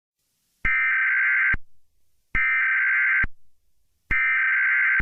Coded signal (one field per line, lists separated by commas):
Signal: Emergency Alert System (SAME) tones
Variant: header bursts